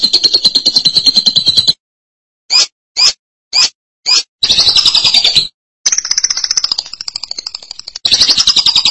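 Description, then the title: Lovebird trilling in fast buzzy rattles, broken by four short bursts and sudden silences before the long chattering runs resume. "BM Suara Burung Lovebird"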